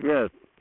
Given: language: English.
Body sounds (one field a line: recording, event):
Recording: throat vibration sensor signal played as sound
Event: speech